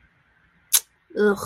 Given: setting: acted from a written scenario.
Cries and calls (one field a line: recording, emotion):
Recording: vocal sound without words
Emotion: contempt